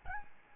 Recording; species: mosquito wingbeat signal from an infrared sensor; Aedes albopictus